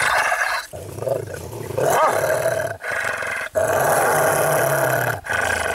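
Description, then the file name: Dog's deep, harsh growl in several long stretches, each separated by a short breath gap. "suono cane che ringhia"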